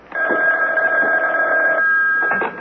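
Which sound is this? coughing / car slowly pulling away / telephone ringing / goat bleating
telephone ringing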